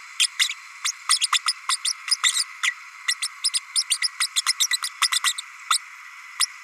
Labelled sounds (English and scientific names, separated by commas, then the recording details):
Green-rumped Parrotlet (Forpus passerinus) babbling
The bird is a female
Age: 32 days
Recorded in a nest box in Venezuela
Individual 17B32A5